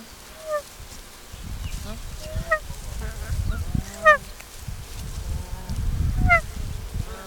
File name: Nene